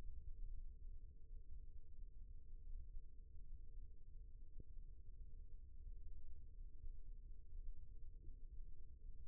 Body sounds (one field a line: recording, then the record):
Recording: forearm muscle sounds (acoustic myography)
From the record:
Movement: rest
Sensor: system 1, eight BSWA MPA416 microphones around the upper forearm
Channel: 7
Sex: male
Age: 18 years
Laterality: right